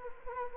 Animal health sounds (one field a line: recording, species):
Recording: mosquito wingbeat signal from an infrared sensor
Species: Anopheles gambiae